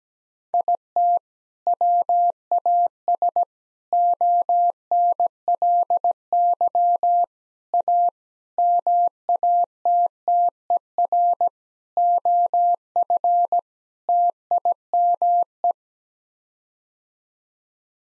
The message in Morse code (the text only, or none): IT WAS ONLY A MATTER OF TIME